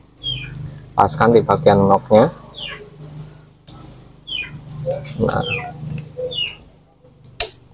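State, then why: Seated. On a Toyota Vios that stalls and won't start, a fuel injector cleaned with carb cleaner is lined up at its notch and pressed into the fuel rail/intake on the engine while someone talks. A sharp, loud click at 7.4 s marks the injector locking into place.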